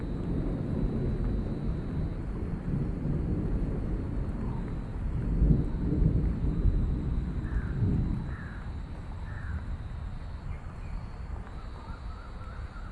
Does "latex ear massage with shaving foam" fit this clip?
no